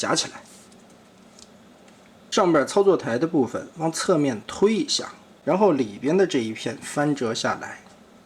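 Someone talks while handling a painted-edition Transformers Magic Square Devastator plastic robot figure during its combining transformation, pushing the upper console part sideways as an inner piece folds down toward its snap catch on the body. Nothing has seated or clicked into place yet.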